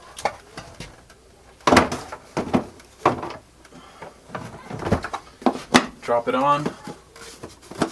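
A motor top is handled onto the container of a Festool CT MIDI dust extractor, whose side latches (wings) are to be locked, with short sharp knocks between stretches of talk. Someone talks throughout. Nothing has seated or latched yet when the clip ends.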